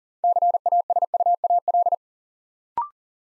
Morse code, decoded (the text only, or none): CASUAL